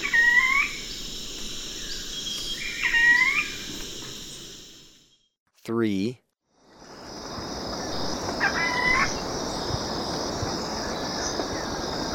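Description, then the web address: Ruddy foliage-gleaner giving a few brief upslurred notes, broken by a quiet gap with a sweeping electronic tone, over a steady high drone. Recorded in Ecuador. "Birds of Ecuador. Ruddy Foliage-gleaner"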